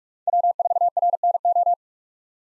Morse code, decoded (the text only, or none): W4RNO